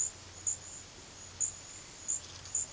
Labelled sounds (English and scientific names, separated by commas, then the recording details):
none
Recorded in pastures near Puerto Asís, Putumayo, Colombia, on 24 March 2025 at 14:00
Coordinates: 0.487, -76.322
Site G077